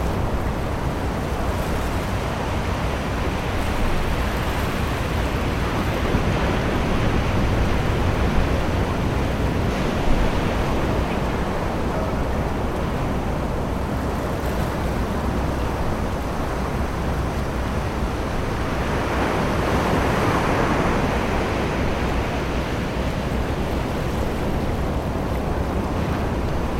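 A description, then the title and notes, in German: Summer surf at the beach rolls on as a steady, dense wash of noise, heavy in the low end with a constant rumbling undertone. A broader swell of brighter surging builds around the twentieth second before easing back, with faint wind gusts throughout. Sommerliche Gelassenheit am Strand.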